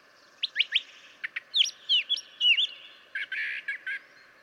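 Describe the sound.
Brown Thrasher song with clipped chips, then twisting slurred whistles, ending in a few buzzy repeated notes.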